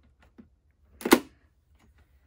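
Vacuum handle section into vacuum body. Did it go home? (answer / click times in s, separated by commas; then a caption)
yes / 1.0 s. The plastic handle section of a Eureka NES210 Blaze 3-in-1 Swivel stick vacuum is pushed by hand into the vacuum body during assembly. After a few faint soft ticks, a sharp plastic click rings out at 1.0 s. The section seats firmly in place.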